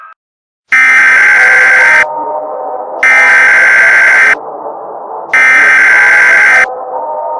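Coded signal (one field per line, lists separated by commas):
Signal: Emergency Alert System (SAME) tones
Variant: header bursts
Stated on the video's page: Fictional EAS scenario, simulated alert.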